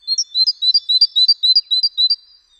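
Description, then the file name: Great tit singing a fast, even series of high, sharp two-note phrases, about eight repetitions in two seconds before stopping. "Parus major"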